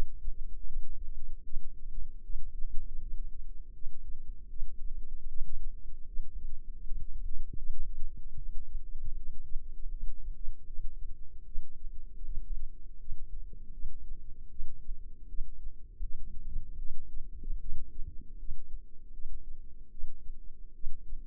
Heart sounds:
heart sounds by microphone in the left ear; 78 bpm
0.65 s: heartbeat
1.42 s: heartbeat
2.21 s: heartbeat
3.00 s: heartbeat
3.72 s: heartbeat
4.48 s: heartbeat
5.27 s: heartbeat
6.05 s: heartbeat
6.79 s: heartbeat
7.55 s: heartbeat
8.34 s: heartbeat
9.14 s: heartbeat
9.88 s: heartbeat
10.65 s: heartbeat
11.44 s: heartbeat
12.23 s: heartbeat
12.98 s: heartbeat
13.71 s: heartbeat
14.48 s: heartbeat
15.27 s: heartbeat
16.00 s: heartbeat
16.77 s: heartbeat
17.59 s: heartbeat
18.37 s: heartbeat
19.11 s: heartbeat
19.89 s: heartbeat
20.72 s: heartbeat
From the record:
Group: healthy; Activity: rest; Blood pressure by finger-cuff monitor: 87/63 mmHg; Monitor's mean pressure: 72 mmHg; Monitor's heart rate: 78 bpm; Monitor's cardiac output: 5.6 L/min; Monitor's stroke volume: 71 mL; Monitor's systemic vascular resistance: 920 dyn s/cm5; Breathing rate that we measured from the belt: 19 breaths a minute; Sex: female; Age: 22 years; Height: 160 cm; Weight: 45 kg

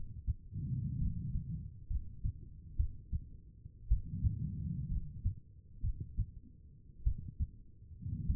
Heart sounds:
heart sounds by stethoscope; 58 bpm
0.99 s: heartbeat
1.88 s: heartbeat
2.77 s: heartbeat
3.88 s: heartbeat
4.89 s: heartbeat
5.81 s: heartbeat
7.04 s: heartbeat
8.27 s: heartbeat
From the record:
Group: healthy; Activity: rest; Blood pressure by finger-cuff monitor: 93/58 mmHg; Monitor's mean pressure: 69 mmHg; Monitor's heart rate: 59 bpm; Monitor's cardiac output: 4.6 L/min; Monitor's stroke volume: 78 mL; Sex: female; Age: 36 years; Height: 163 cm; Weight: 88 kg

